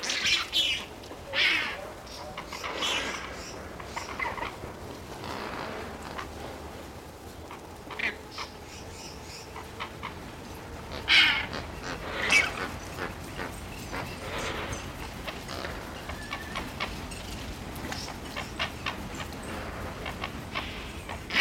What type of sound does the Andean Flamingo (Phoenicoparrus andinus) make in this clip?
call